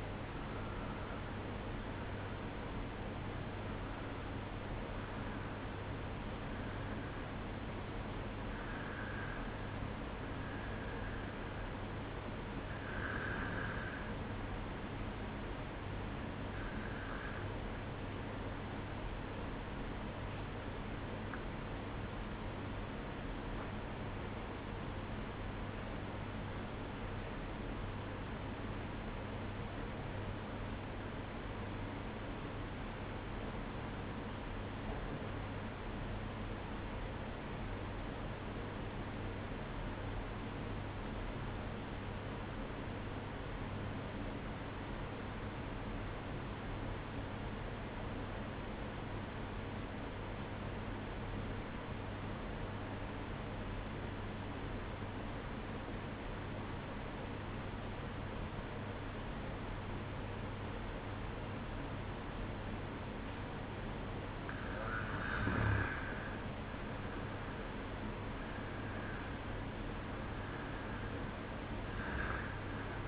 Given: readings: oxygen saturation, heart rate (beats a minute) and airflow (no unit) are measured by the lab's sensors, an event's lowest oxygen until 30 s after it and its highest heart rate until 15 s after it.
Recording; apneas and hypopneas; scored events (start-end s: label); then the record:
breathing in sleep by a voice recorder at the bedside; 1
17.00-65.30 s: obstructive apnea (N1, oxygen 96% highest, then 91% lowest, heart rate 53 at the start, 60 highest)
From the record:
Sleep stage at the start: N1 (lightest sleep); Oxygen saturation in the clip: 91 to 96%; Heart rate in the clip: 53 to 64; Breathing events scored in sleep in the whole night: 305 in 9.6 hours asleep